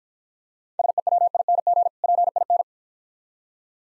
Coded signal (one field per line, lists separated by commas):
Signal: Morse code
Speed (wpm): 55 wpm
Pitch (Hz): 700 Hz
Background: none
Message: SEWING PIN